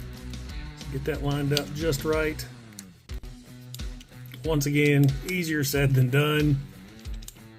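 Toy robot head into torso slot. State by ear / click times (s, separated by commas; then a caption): seated / 7.3 s. Someone talks while lining up and pushing the plastic head of a Studio Series Devastator combiner robot toy down into its slot in the torso. Small handling clicks are heard, and the head snaps into place with a sharp click at 7.3 s, seating firmly.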